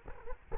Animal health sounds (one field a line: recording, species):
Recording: mosquito wingbeat signal from an infrared sensor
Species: Culex quinquefasciatus